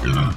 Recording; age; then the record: pig call; growing-finishing pig (85 days or more)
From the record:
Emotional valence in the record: positive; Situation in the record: run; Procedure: transit